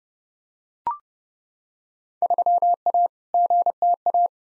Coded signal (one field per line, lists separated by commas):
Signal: Morse code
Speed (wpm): 32 wpm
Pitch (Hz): 700 Hz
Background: none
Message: 3A GTA